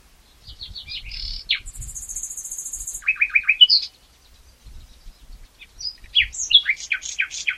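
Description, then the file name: Common nightingale song with varied phrases: quick descending chirps, a high sizzling buzz, a run of repeated notes, and a final burst of fast mixed notes. "Luscinia megarhynchos"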